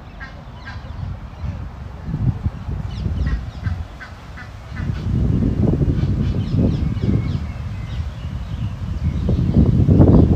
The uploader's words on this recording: City Park Sounds. Walking In Modiin, Israel.